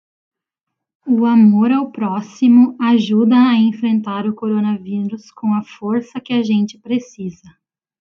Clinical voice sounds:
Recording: spoken sentence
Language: Brazilian Portuguese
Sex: female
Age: 30 to 39 years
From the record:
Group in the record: control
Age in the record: 34 years

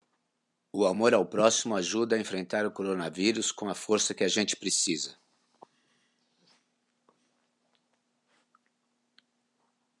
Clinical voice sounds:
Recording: spoken sentence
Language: Brazilian Portuguese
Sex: male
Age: 60 to 69 years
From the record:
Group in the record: control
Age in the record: 61 years

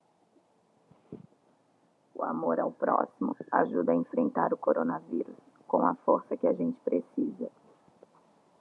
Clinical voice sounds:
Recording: spoken sentence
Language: Brazilian Portuguese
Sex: female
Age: 40 to 49 years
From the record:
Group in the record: control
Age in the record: 44 years

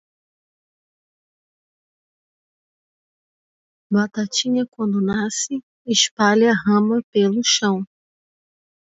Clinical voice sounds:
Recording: short text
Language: Brazilian Portuguese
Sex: male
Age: 30 to 39 years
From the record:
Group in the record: control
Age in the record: 36 years

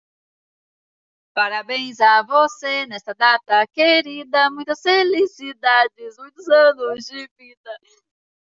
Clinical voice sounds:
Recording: short text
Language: Brazilian Portuguese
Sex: female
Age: 40 to 49 years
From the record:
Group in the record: control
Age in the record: 46 years

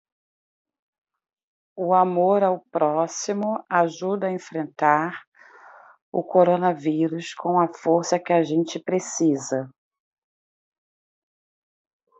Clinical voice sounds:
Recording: spoken sentence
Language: Brazilian Portuguese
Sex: female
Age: 40 to 49 years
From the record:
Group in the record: control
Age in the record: 49 years

